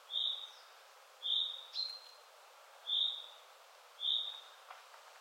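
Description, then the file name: Common chaffinch calling, four high clear chirps at somewhat irregular intervals, with a fainter extra note just after the second, against soft steady background noise. "Fringilla coelebs"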